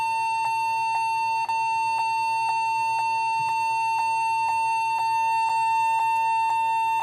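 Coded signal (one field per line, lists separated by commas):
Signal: beep code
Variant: Lenovo laptop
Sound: one unbroken high beep lasting the whole clip, with soft ticks twice a second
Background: low hum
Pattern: 1 continuous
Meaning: A continuous beep possibly indicates a keyboard problem, such as a stuck key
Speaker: nawala yung tunog eh usually kasi mga ganyan pwedeng keyboard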